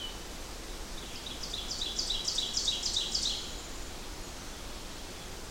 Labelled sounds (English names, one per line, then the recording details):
Ovenbird song
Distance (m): 40 m
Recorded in boreal forest in Alberta, Canada, on 14 June 2016 at 07:31
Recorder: SongMeter 3, array SBT-3-33
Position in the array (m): 276 m, 266 m
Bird 22